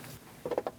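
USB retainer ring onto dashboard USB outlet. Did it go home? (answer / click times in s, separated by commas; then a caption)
no / none. A plastic USB retainer ring is pulled up onto the dashboard USB outlet of a 2003-2025 Chevrolet Express 2500, where its two black tabs will seat. After a quiet start, a short run of faint handling ticks and taps comes at about 0.5, 0.6, 0.7 and 0.8 s. Nothing has seated or clicked into place yet.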